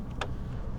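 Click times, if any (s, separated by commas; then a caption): 0.2 s. A caravan's hitch head is lowered onto a car's tow ball by winding the jockey wheel down. A single sharp metallic click at 0.2 s stands out over a steady low rumble as the coupling snaps into place and seats on the ball.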